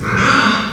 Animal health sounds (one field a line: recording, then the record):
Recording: squeal of a Yucatan mini pig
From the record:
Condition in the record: after surgery on the right vocal fold (resection and tissue-engineered implant)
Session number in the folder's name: 15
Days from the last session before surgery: 175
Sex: female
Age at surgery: 19 weeks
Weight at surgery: 25 kg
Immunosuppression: prednisolone